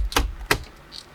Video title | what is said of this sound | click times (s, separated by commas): Toyota 4Runner Anytime Backup & New Front Facing Camera Kit Installation | pop it right back into position | 0.1 s, 0.2 s, 0.5 s